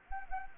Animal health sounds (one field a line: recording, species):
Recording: mosquito wingbeat signal from an infrared sensor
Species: Anopheles gambiae